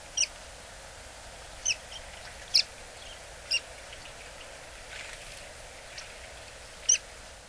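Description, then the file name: Buff-bellied pipit calls, short thin high notes given singly at irregular intervals over a steady low background hiss. Recorded in Hyogo Prefecture, Japan. "tahibari 0802 hyogo kaji"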